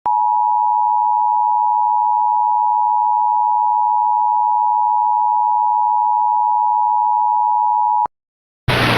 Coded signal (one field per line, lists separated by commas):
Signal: Emergency Alert System (SAME) tones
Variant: 853 and 960 Hz attention tone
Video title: EAS MOCK | Radiological nightmare.